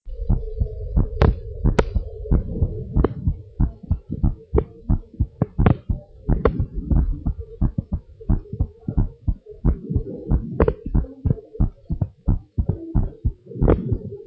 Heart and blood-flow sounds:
heart sounds of a pregnant woman by stethoscope
no fetal heartbeat
From the record:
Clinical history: severe change in fetal heart rate, gestational diabetes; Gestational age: 38 weeks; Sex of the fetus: boy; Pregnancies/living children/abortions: 10/0/9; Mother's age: 35 years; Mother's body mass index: 32.9

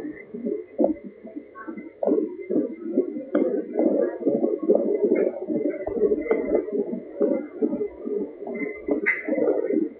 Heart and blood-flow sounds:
fetal heart sounds by stethoscope on the mother's abdomen
0.00-10.00 s: 142 bpm
From the record:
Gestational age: 36 weeks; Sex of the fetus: boy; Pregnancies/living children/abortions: 1/0/0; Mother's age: 23 years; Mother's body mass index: 22.6

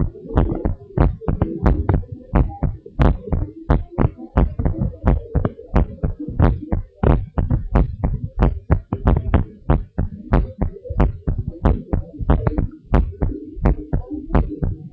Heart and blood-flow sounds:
heart sounds of a pregnant woman by stethoscope
no fetal heartbeat
From the record:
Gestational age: 38 weeks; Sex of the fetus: boy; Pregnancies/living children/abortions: 2/1/0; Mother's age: 23 years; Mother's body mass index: 28.3

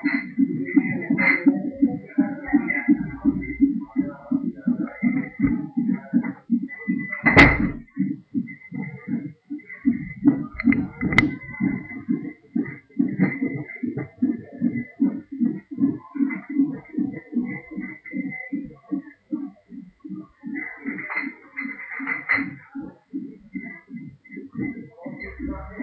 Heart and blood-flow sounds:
fetal heart sounds by stethoscope on the mother's abdomen
0.00-10.00 s: 168 bpm
10.00-20.00 s: 145 bpm
20.00-25.83 s: 162 bpm
From the record:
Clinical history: abnormal fetal non-stress test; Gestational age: 36 weeks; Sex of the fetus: girl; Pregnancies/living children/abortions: 1/0/0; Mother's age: 25 years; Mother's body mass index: 30.9

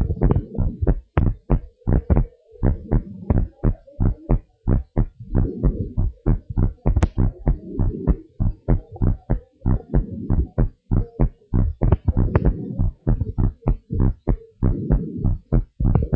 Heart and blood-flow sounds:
heart sounds of a pregnant woman by stethoscope
no fetal heartbeat
From the record:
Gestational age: 39 weeks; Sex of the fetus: boy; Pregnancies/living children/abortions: 1/0/0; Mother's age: 23 years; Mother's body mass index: 29.2

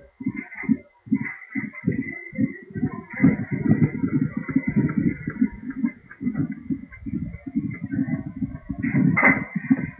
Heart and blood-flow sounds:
fetal heart sounds by stethoscope on the mother's abdomen
0.00-10.00 s: 143 bpm
From the record:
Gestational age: 34 weeks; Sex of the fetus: girl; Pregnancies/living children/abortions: 3/0/2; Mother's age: 42 years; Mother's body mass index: 31.6

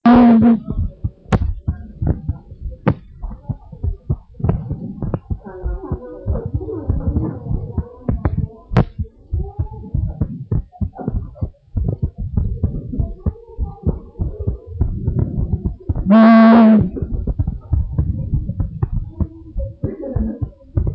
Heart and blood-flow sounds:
heart sounds of a pregnant woman by stethoscope
no fetal heartbeat
From the record:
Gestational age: 41 weeks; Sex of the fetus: girl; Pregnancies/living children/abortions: 3/2/0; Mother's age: 33 years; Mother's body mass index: 27.1

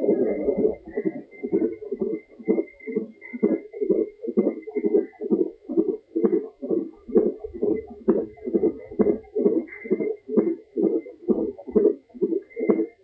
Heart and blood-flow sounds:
fetal heart sounds by stethoscope on the mother's abdomen
0.00-10.00 s: 132 bpm
From the record:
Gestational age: 38 weeks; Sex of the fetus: boy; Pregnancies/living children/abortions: 2/1/0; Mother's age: 30 years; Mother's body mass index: 31.1

